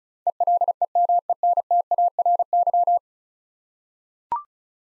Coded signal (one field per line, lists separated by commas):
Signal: Morse code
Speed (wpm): 36 wpm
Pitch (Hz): 700 Hz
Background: none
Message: ELEMENTARY